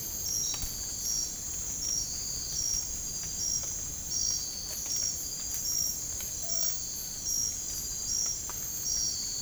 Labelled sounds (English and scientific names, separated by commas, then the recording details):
Tropical Screech-Owl (Megascops choliba)
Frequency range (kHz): Tropical Screech-Owl (Megascops choliba) 0.2-1.1 kHz
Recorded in dense forest near Puerto Asís, Putumayo, Colombia, on 27 June 2025 at 03:00
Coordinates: 0.503, -76.323
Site G059